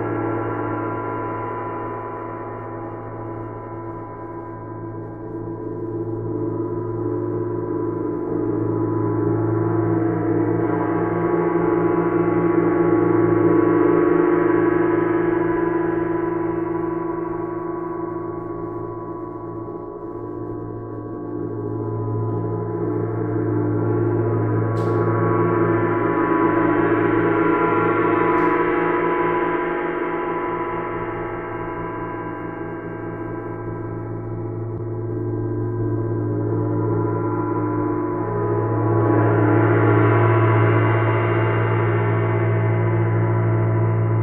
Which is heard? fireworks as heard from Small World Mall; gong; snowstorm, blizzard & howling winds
gong